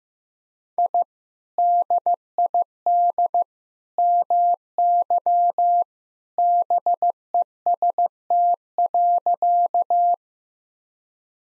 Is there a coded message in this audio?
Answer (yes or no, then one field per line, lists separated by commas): yes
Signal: Morse code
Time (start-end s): 0.8-10.1 s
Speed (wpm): 15 wpm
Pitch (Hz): 700 Hz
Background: none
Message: I DID MY BEST.